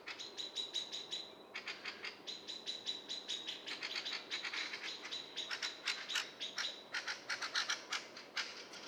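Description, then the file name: Common blackbird producing a continuous rattle of harsh chinking clicks, rapid and uneven, carrying on for the full length. "Turdus merula"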